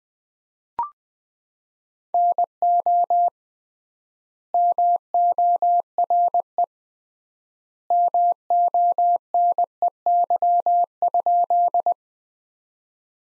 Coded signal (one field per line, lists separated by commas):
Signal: Morse code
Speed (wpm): 20 wpm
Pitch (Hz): 700 Hz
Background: none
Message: NO MORE MONEY?